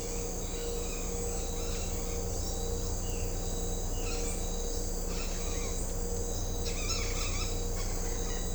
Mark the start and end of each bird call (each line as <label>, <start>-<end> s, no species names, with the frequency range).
bird call (1.5-6.1 kHz), 0.00-2.15 s
bird call (0.9-6.7 kHz), 4.00-8.55 s